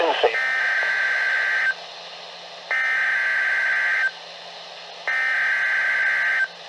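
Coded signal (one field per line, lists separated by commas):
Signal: Emergency Alert System (SAME) tones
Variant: header bursts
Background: speech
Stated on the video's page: Received on NOAA Weather Radio; alerts for northwestern North Carolina and southwestern Virginia counties.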